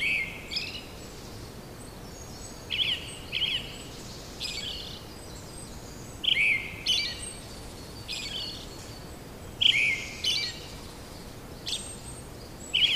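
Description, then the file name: Brown-headed thrush song, short two-part phrases of a bright note falling into a lower trill, given every few seconds with brief high squeaky endings. "akahara"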